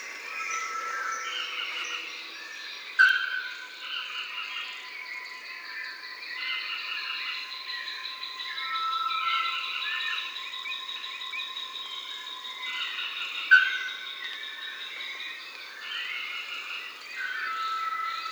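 A coastal forest at dawn fills with a dense, continuous chorus of bird calls, overlapping whistles and chirps in a bright, mid-high range. A faint steady tone runs underneath throughout, and two sharp clicks stand out near the third and thirteenth seconds.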